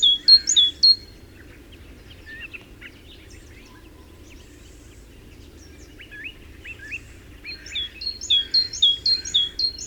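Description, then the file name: Great tit calling in quick bursts of high, sharp two-note chirps at the start and end, with scattered fainter chirps between them over a low, steady background noise. "Parus major"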